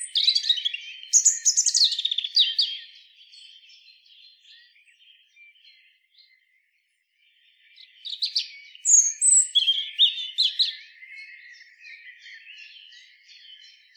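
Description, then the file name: European robin singing two sparkling phrases of fast, high twitters and slurred notes, separated by a stretch of soft twittering and a short silence; the second phrase trails off into soft twittering. "Erithacus rubecula"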